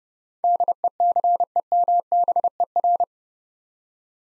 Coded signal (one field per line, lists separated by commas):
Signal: Morse code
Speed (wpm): 30 wpm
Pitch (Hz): 700 Hz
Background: none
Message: DECEMBER